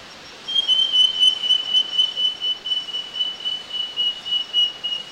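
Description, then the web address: Wing-banded Wren song, a long series of thin, pure whistled notes at a steady high pitch, sagging very slightly and repeated about four times a second. Recorded in Ecuador. "Natures Songs S America Birds of Ecuador wing-banded Wren"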